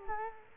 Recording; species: mosquito wingbeat signal from an infrared sensor; Culex quinquefasciatus